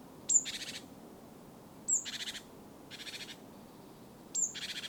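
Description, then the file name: Great tit churr: four buzzy pulsed rattles, three of them led in by a sharp high note. "Parus major"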